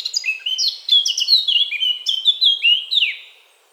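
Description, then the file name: Eurasian blackcap song, loud clear whistled phrases sliding downward one after another, then fading out at the end. "Sylvia atricapilla"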